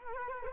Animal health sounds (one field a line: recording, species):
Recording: mosquito wingbeat signal from an infrared sensor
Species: Culex quinquefasciatus